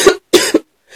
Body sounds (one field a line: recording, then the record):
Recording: coughing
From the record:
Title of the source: 55 gaggy wet cough